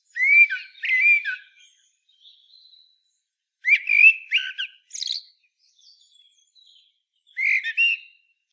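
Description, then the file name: Common blackbird sings three low warbling whistled phrases with shrill squeaky flourishes, separated by pauses, with quiet subdued notes in the gaps. "Turdus merula"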